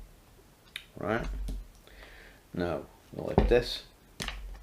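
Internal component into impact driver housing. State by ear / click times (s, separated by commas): seated / 4.2 s, 4.3 s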